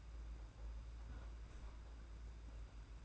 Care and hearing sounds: daily activity, microphone in the room; close fridge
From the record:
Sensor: 2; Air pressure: 991.7 hPa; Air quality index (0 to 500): 221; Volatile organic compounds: 1000 ppm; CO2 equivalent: 7390 ppm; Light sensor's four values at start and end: 25/81/31/29 and 25/81/31/29

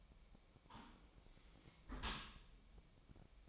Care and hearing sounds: daily activity, microphone in the room; close dishwasher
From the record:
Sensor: 1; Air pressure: 1003.2 hPa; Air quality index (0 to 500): 197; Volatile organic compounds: 6 ppm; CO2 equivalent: 1879 ppm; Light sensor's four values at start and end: 28/69/29/36 and 28/69/30/36

